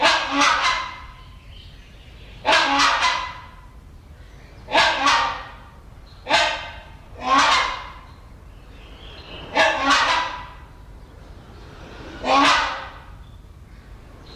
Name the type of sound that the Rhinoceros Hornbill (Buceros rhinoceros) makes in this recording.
duetting